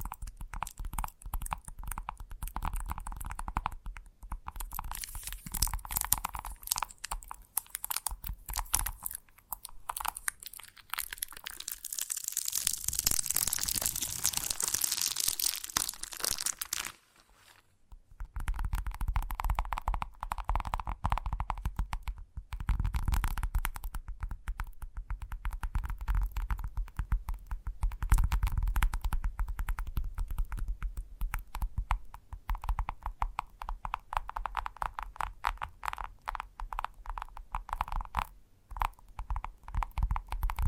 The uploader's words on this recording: ASMR Gentle Tapping Tickles Your Brain (No Talking).